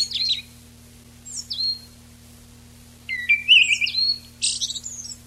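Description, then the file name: Eyebrowed thrush song: a brief twitter and a falling whistled note, then a wavering whistled phrase running into a dense high trill. Recorded 19 June 1991. "19 06 91 Tobscurus IIIa"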